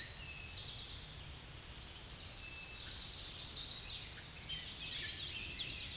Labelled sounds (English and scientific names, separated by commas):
Chestnut-sided Warbler (Setophaga pensylvanica) song